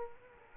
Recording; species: mosquito wingbeat signal from an infrared sensor; Culex quinquefasciatus